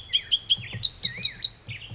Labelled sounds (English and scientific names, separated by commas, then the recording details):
Black-headed Grosbeak (Pheucticus melanocephalus)
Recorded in Sonoma County, California